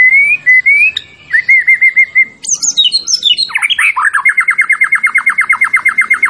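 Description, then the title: White-rumped shama song opening with clear rising whistles, then swooping phrases and a long rapid trill of repeated sharp notes. Champion bird; masteran training sound. "Masteran Murai Batu Juara"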